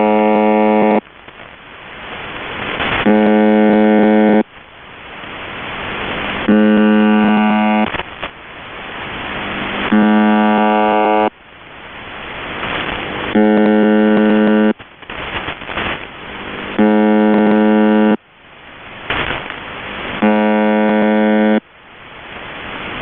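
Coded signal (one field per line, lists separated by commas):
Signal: channel marker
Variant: UVB-76 (The Buzzer)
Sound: harsh low droning buzzes, each about one to two seconds, repeating between bursts of static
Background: radio static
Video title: The Buzzer (4625khz) - Live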